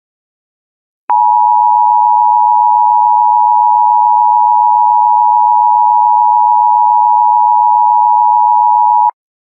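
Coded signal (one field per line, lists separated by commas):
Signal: Emergency Alert System (SAME) tones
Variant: 853 and 960 Hz attention tone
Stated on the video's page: Fictional EAS scenario; may contain valid EAS tones, but the events are simulated.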